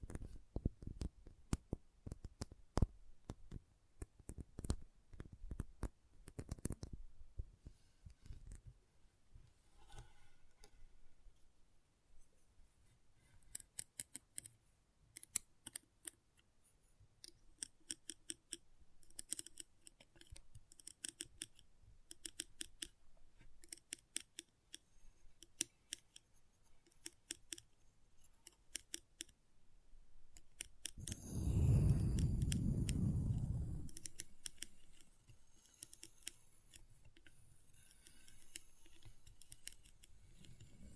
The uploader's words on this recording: ASMR Intense Magnetic Tingles (No Talking).